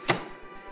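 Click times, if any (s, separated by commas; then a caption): 0.1 s. The metal carry handle on an UP mini 2 3D printer body is moved until it locks into place with one sharp, bright click at 0.1 s, followed by a short fading ring and quiet background. The handle is seated.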